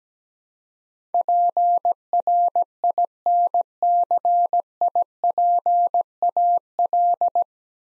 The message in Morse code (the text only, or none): PRINCIPAL